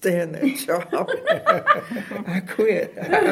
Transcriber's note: laughter